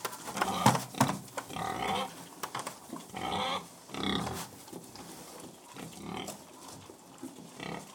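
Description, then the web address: Pigs squeal and grunt over their feed, with sharp short squeals early and softer munching and grunts afterward. Pigs feeding; livestock. "The BBC Sound Effects Library (Livestock) Pigs Feeding"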